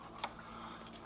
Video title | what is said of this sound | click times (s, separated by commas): Gina's Pro Tips - Bernina 7 Series Bobbin Area Maintenance | you don't want to push there because that's going to release the hole and just give it a push till you hear a click | 0.2 s